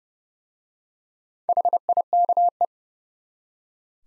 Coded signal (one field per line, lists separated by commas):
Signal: Morse code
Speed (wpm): 30 wpm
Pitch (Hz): 700 Hz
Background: none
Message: HIKE